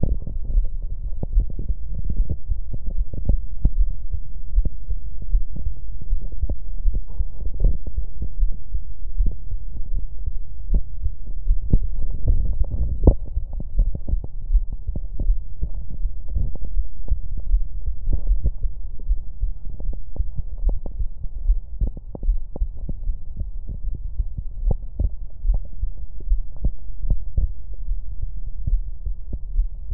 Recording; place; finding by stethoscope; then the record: heart sounds by stethoscope; mitral valve (MV); normal heart sounds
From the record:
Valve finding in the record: mitral regurgitation, grade 1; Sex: female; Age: 74 years